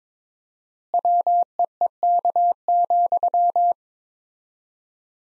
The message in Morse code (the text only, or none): WEEK,